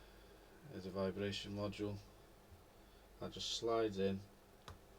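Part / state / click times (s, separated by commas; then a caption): vibration module into handheld game controller housing / seated / 4.7 s. Someone talks while a vibration module is slid into its slot inside a Nintendo Joy-Con game controller housing and given a light press. A single short click sounds at 4.7 s as the module seats in place.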